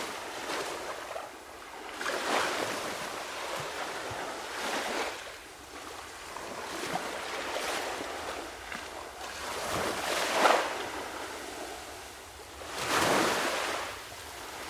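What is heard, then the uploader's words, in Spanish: Gentle beach waves wash in rhythmically, soft hissing surges swelling about every two to three seconds, with a louder break near thirteen seconds. Ondas en la Arena. El abrazo suave y rítmico de las olas de la playa. Hemos capturado una hora de sonidos detallados de las olas de la playa, casi binaurales. Esta grabación se realizó durante un momento de completa quietud, con una interferencia mínima del viento.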